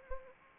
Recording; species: mosquito wingbeat signal from an infrared sensor; Anopheles arabiensis